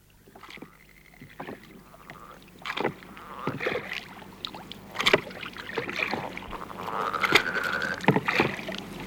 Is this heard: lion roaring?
no